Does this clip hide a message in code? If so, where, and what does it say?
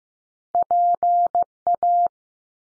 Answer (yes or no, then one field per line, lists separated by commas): yes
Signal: Morse code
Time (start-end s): 0.5-2.1 s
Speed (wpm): 15 wpm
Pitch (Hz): 700 Hz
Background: none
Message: P A